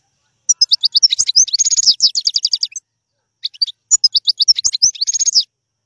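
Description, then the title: European goldfinch singing two lively phrases of rapid twittering and liquid trilled notes, each about two seconds long, separated by a short pause. Song of a wild bird. "اجمل غناءالحسون الخلويchant chardonneret sauvage"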